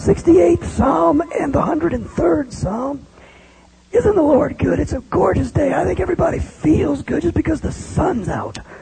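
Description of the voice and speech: A man reads and comments in a rough, strained, croaky voice, a feeble croak, with tediously labored speech broken by pauses. The words stay intelligible. This is severe dysphonia after a viral infection thought to have damaged the nerves of the vocal cords, with speech produced using the false vocal cords; an earlier diagnosis was a form of spasmodic dysphonia.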